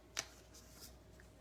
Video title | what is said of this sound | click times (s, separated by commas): Blablatage sur les producteurs locaux et questions/réponses abonnées | Ça fait un petit clic quand on appuie dessus en fait. | 0.2 s